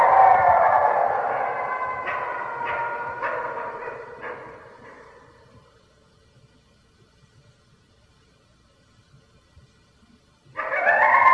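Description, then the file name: Red wolf howl, a sustained wavering cry that breaks into short pulsing notes and fades out near six seconds, then a fresh howl begins abruptly just before the end. "red wolf howling"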